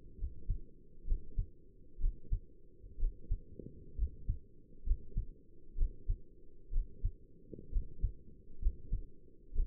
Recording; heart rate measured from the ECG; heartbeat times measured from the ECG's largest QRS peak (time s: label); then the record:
heart sounds by stethoscope; 64 bpm
0.19 s: heartbeat
1.07 s: heartbeat
2.01 s: heartbeat
3.00 s: heartbeat
3.98 s: heartbeat
4.86 s: heartbeat
5.78 s: heartbeat
6.73 s: heartbeat
7.72 s: heartbeat
8.62 s: heartbeat
9.55 s: heartbeat
From the record:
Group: healthy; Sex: male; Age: 22 years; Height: 181 cm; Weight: 79 kg